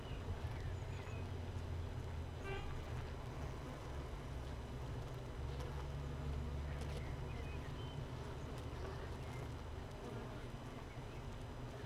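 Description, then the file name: Honey bee colony buzzing in a low unbroken drone, with a few faint chirps. Hive 1 with no queen, recorded 31 May 2018, apparently at 15:30. "Hive 1 31 05 2018 NO Queen Bee H 1 audio 15 30 00"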